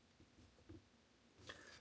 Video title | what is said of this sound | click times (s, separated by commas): GoPro Macro Lens Mod for Hero 13: Review and Comparison | on but not fully locked into place so as I lock it into place | 1.5 s